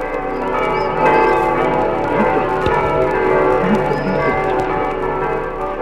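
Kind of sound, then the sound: signal or alarm, church bell ringing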